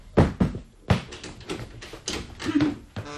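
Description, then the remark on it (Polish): A door is unlatched and opened: a quick series of sharp clunks and clicks, with rattling of the handle and latch and a brief creak near the end. No one speaks. “Bo drzwi są zamknięte. Ojej, rzeczywiście, jakie to głupie. No, już otwieram.”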